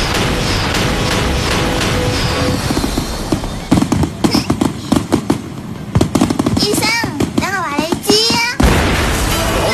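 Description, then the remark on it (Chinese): Fireworks being set off in the City Hunter cartoon (1987 TVB Cantonese version): a dense, steady crackle gives way to a string of sharp, loud bangs and pops, with excited voices calling out over the bursts near the end. “好，放烟花，咁入去啲花俾啊！”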